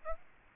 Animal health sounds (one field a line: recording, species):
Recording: mosquito wingbeat signal from an infrared sensor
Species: Aedes aegypti